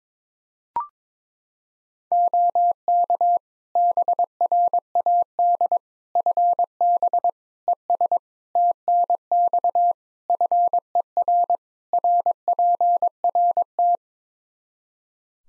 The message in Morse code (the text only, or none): OK BRAD FB ES TNX FER RPRT